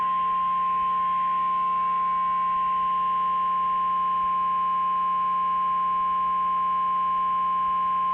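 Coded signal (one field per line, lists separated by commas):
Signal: Emergency Alert System (SAME) tones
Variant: 1050 Hz attention tone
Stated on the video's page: Fictional EAS scenario portraying the film's events, with alerts modeled on 2004-era products.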